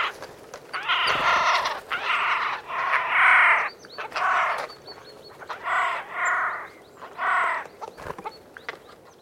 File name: Garrulus glandarius